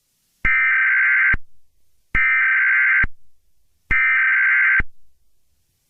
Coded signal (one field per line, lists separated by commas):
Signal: Emergency Alert System (SAME) tones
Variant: header bursts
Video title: EAS Scenario #61: SUPER GLITCH!!